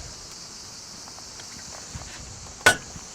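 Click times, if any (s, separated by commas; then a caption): 2.7 s. A solar panel mounting rail is pushed onto a roof bracket over a steady high-pitched hiss, with a few faint taps, including one near 2.0 s. A single sharp click at 2.7 s marks the rail clipping into the bracket, and it is seated.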